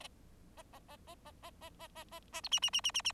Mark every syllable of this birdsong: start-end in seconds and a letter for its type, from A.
0.57-0.62 A, 0.73-0.79 A, 0.88-0.97 A, 1.07-1.15 A, 1.25-1.32 A, 1.42-1.50 A, 1.61-1.70 A, 1.79-1.88 A, 1.95-2.04 A, 2.11-2.20 A, 2.32-2.41 A, 2.43-2.49 B, 2.51-2.60 C, 2.62-2.70 C, 2.73-2.81 C, 2.84-2.91 C, 2.94-3.02 C, 3.04-3.12 C